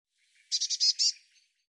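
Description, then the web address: Bird call: one short run of five rapid, harsh, high-pitched notes, with nothing else audible. "cianscape birddata Deverinetal 2025 Bird Cy Ca Cy Ca"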